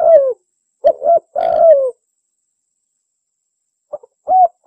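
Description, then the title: Bird produces a few low coos, one drawn out and falling, then a long silence before two more brief coos. Master recording used for training songbirds. "Master Burung Jos"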